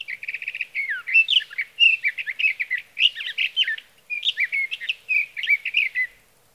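Sage thrasher song: a stuttering rattle at the start, then a lengthy rambling warble of mixed whistles, with one brief pause midway before the melody resumes.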